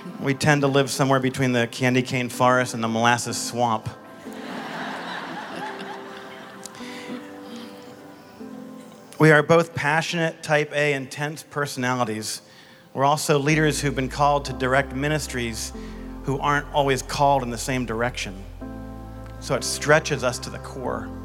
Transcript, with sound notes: We tend to live somewhere between the Candy Cane Forest and the Molasses Swamp! (laughter) We are both passionate, type-A, intense personalities. We’re also leaders who are called to direct ministries, who aren’t always called in the same direction—so it stretches us to the core!